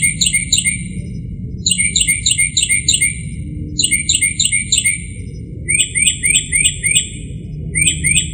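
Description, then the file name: Northern mockingbird singing quick clipped chip phrases in runs of four or five, pausing briefly and then starting a fresh series, with low background rumble. "kicauan-burung-northern-mockingbird -omkicau"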